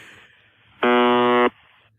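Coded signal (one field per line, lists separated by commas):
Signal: channel marker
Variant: UVB-76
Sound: a single harsh, raspy buzz lasting under a second, between faint background hiss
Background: faint radio static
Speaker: So that is the UVB 76 signal.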